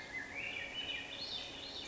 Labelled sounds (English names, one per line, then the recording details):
Swainson's Thrush
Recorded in Sonoma County, California